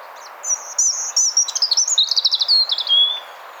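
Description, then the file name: European robin song: a rapid run of high, thin warbled notes, sliding and trilling over about three seconds before ending on a falling whistle. "Erithacus rubecula"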